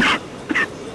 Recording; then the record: coughing mixed with background sound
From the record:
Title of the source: 31 night wet cough